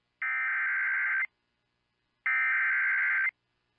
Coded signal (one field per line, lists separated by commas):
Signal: Emergency Alert System (SAME) tones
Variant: header bursts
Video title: EAS Timeline: Sioux Falls, South Dakota "Green Sky Derecho" of July 5th NOAA Weather Radio